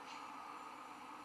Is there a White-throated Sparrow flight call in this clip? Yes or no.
no